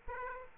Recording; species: mosquito wingbeat signal from an infrared sensor; Aedes aegypti